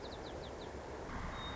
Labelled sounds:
White-crowned Sparrow

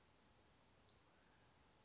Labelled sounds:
Western Flycatcher

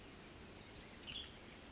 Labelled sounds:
Western Tanager

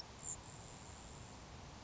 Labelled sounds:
Grasshopper Sparrow

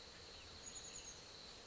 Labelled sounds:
Chestnut-backed Chickadee

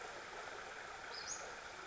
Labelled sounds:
Western Flycatcher

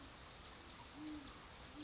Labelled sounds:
Great Horned Owl

